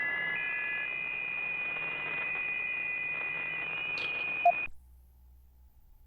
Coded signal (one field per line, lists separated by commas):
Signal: PSK63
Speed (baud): 62.5 baud